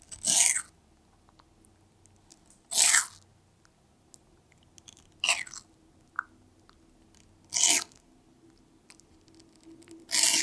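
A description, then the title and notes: A pet tortoise eats watermelon, with sharp, wet crunching bites arriving about every two and a half seconds, each lasting roughly a third of a second. Between bites there are faint smaller chewing clicks over a quiet, low hum. PET TORTOISE EATING CORONAVIRUS WATERMELON.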